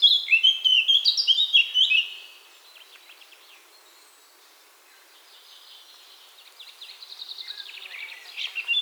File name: Sylvia atricapilla